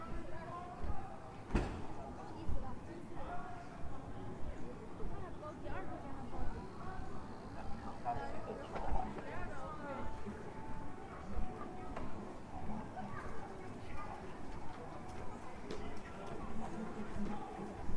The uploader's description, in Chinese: 沈阳，中街